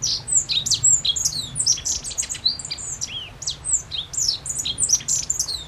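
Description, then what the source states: Godlewski's bunting singing a continuous stream of high, thin, sharp chirps and quick downslurred notes, overlapping closely, with a steady low hum underneath. Recorded on 14 June 2012.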